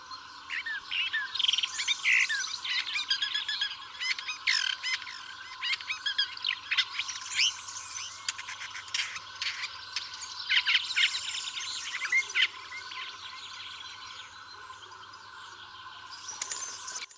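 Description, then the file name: Woodchat shrike singing a long, varied chattering medley of harsh notes, clicks and short whistles, rising and falling in loudness. "woodchat shrike omkicau"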